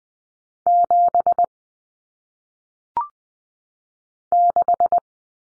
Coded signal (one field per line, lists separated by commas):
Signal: Morse code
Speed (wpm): 20 wpm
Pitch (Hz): 700 Hz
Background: none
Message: 7 6